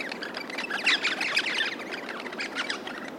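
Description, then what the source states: Crimson rosellas chirping as a group, a dense overlapping chatter of short, bright chirps continuing without pause throughout. A group of Australian rosellas chirping.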